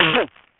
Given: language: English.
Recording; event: throat vibration sensor signal played as sound; cough